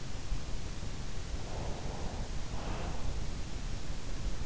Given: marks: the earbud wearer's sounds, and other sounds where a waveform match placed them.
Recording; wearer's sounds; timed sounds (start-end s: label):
sounds in sleep by an in-ear microphone; breath
1.36-3.30 s: breath